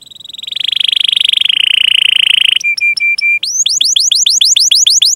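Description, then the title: Canary song: a long, bright trill that swells in volume, then several short steady whistles. Fast rising chirps repeat rapidly at the end. Canary singing vigorously (gacor), with the best cengkok and the most lavish isian, intended for bird-song training. "Kenari Gacor Cengkok Terbaik Isian Paling Mewah"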